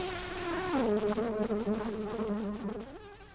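Bees buzz steadily in a droning hum, the pitch wavering and sliding as they move about, with a brighter whine layered above. No voices, just continuous insect buzzing for a few seconds.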